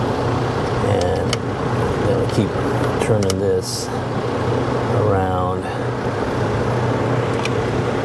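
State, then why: Torque reached. A tiny torque wrench is turned on a fastener until it reaches its set torque and clicks sharply at 7.5 s. Someone talks throughout over steady vehicle and road noise, and a brief sharp tick is also heard at 1.3 s.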